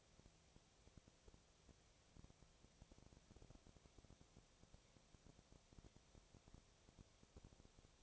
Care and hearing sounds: daily activity, microphone in the room; no activity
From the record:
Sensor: 1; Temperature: 19.6 degrees Celsius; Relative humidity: 36.5%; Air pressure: 997.1 hPa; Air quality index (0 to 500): 204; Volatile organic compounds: 129 ppm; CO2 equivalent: 3923 ppm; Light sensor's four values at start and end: 1/2/1/1 and 1/2/1/1

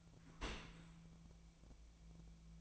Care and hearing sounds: daily activity, microphone in the room; open dishwasher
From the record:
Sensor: 1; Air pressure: 1000.5 hPa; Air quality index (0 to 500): 183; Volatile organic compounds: 4 ppm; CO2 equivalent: 1685 ppm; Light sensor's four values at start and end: 11/26/11/12 and 11/26/11/12

